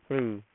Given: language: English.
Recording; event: throat vibration sensor signal played as sound; speech